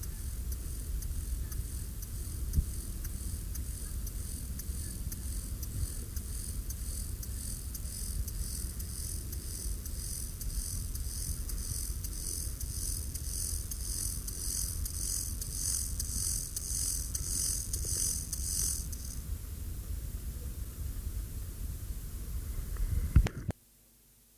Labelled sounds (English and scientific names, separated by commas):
Lesser Field Grasshopper (Chorthippus mollis) stridulation